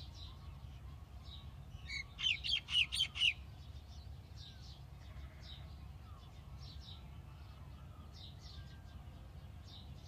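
A dawn chorus with a steady low rumble underneath throughout. Around two to three seconds a bird gives a loud burst of four or five quick, bright chirps, while fainter, higher calls from other birds come and go across the rest of the recording.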